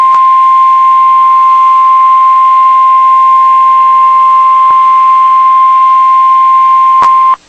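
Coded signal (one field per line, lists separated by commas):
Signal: Emergency Alert System (SAME) tones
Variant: 1050 Hz attention tone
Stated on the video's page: Severe Thunderstorm Warning, a failed alert.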